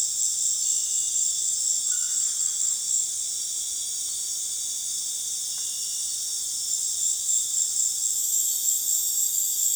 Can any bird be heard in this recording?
no